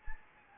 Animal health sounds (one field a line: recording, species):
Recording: mosquito wingbeat signal from an infrared sensor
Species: Anopheles gambiae